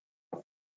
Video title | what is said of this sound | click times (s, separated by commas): Live Unboxing: PSU MPG A1250GS, Case MAG Pano 100L PZ, fans MPG EZ120 ARGB | nice after it clicks | 0.3 s